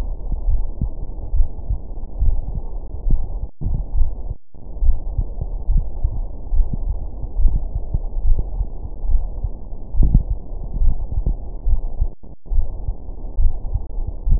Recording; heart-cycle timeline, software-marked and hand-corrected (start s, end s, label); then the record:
heart sounds
0.00	0.08	S2
0.08	0.46	diastole
0.46	0.60	S1
0.60	0.80	systole
0.80	0.90	S2
0.90	1.34	diastole
1.34	1.48	S1
1.48	1.68	systole
1.68	1.78	S2
1.78	2.20	diastole
2.20	2.36	S1
2.36	2.56	systole
2.56	2.64	S2
2.64	3.06	diastole
3.06	3.20	S1
3.20	3.40	systole
3.40	3.48	S2
3.48	3.94	diastole
3.94	4.08	S1
4.08	4.26	systole
4.26	4.36	S2
4.36	4.82	diastole
4.82	4.96	S1
4.96	5.16	systole
5.16	5.26	S2
5.26	5.70	diastole
5.70	5.84	S1
5.84	6.02	systole
6.02	6.12	S2
6.12	6.52	diastole
6.52	6.66	S1
6.66	6.86	systole
6.86	6.98	S2
6.98	7.38	diastole
7.38	7.52	S1
7.52	7.72	systole
7.72	7.80	S2
7.80	8.22	diastole
8.22	8.38	S1
8.38	8.58	systole
8.58	8.68	S2
8.68	9.08	diastole
9.08	9.22	S1
9.22	9.42	systole
9.42	9.52	S2
9.52	9.96	diastole
9.96	10.12	S1
10.12	10.30	systole
10.30	10.38	S2
10.38	10.80	diastole
10.80	10.94	S1
10.94	11.14	systole
11.14	11.24	S2
11.24	11.68	diastole
11.68	11.82	S1
11.82	12.00	systole
12.00	12.08	S2
12.08	12.52	diastole
12.52	12.66	S1
12.66	12.86	systole
12.86	12.96	S2
12.96	13.38	diastole
13.38	13.52	S1
13.52	13.72	systole
13.72	13.82	S2
13.82	14.28	diastole
14.28	14.40	S1
From the record:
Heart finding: coronary artery disease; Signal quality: good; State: rest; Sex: female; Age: 64 years